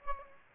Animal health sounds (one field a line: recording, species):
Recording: mosquito wingbeat signal from an infrared sensor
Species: Aedes aegypti